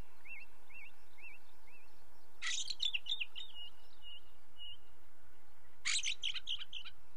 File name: belozobij drozd na fone legkij shum prirodi